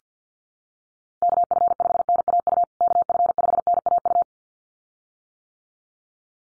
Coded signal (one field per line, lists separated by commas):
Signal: Morse code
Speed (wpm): 49 wpm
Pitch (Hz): 700 Hz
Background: none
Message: KF5NAU KF5NAU